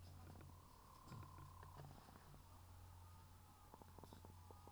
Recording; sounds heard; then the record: poultry house recording; sick chickens (respiratory disease)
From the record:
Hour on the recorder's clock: 15